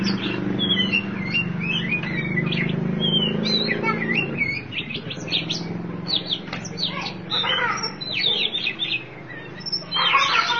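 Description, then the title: Oriental magpie-robin giving rapid, varied whistles and chirps, with a low humming rumble underneath during the first few seconds. Kacer song. "Suara Kicauan Burung Kacer Durasi Panjang"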